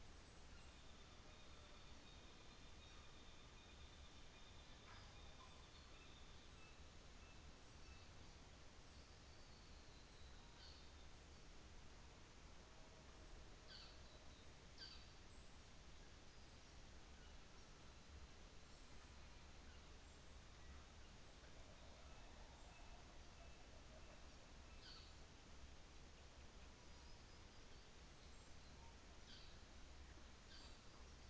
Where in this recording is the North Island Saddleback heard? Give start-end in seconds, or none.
0.51-8.20, 10.40-11.05, 13.45-15.24, 21.78-25.21, 28.94-29.59, 30.37-30.97